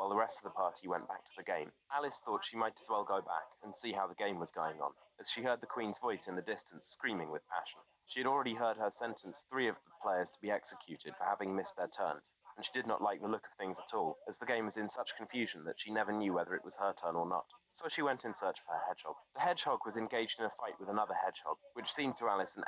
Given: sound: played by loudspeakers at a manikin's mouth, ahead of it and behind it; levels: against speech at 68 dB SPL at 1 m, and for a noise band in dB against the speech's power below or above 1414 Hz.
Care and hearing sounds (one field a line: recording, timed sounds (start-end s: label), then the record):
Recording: test signals for a remote microphone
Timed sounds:
0.00-22.68 s: man speaking, babble ahead at +6 dB SNR for speech at 1 m
From the record:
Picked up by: remote microphone B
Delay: 24 ms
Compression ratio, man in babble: 1.70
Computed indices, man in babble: HASPI 0.999, HASQI 0.276 (non-linear 0.326, linear 0.847), ESTOI 0.728